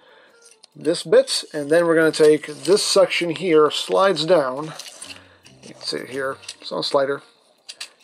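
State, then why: Seated. Someone talks while handling a transforming plastic toy robot, then pushes a plastic slider section on its body down along its track. It clicks into place with two short sharp clicks at 7.7 and 7.8 seconds, and the section is seated.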